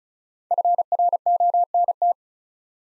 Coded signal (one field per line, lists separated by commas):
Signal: Morse code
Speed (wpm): 36 wpm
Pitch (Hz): 700 Hz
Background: none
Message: FRONT